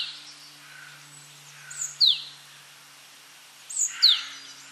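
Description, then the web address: Great tit call, a bright, steeply falling whistle given twice about two seconds apart, over soft background sounds and a low steady hum. "SETE data Parus major"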